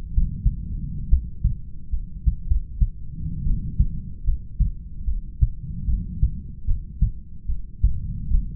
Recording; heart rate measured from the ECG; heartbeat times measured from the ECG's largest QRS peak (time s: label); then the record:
heart sounds by stethoscope; 74 bpm
0.14 s: heartbeat
1.10 s: heartbeat
1.92 s: heartbeat
2.47 s: heartbeat
3.45 s: heartbeat
4.26 s: heartbeat
5.06 s: heartbeat
5.87 s: heartbeat
6.66 s: heartbeat
7.48 s: heartbeat
8.30 s: heartbeat
From the record:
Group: heart failure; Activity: rest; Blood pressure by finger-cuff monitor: 89/56 mmHg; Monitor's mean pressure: 68 mmHg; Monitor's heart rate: 74 bpm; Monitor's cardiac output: 7.1 L/min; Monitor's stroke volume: 91 mL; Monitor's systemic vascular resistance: 670 dyn s/cm5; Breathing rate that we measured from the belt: 22 breaths a minute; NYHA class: 1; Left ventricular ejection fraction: 39%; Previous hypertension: present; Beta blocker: carvedilol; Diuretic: furosemide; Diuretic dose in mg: 20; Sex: male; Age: 60 years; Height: 178 cm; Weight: 62 kg